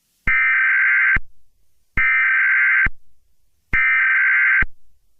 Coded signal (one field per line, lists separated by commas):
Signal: Emergency Alert System (SAME) tones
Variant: header bursts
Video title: EAS SCENARIO CATEMOJIBABYHEAT PART 46 DINOSAUR STAMPEDE PART 2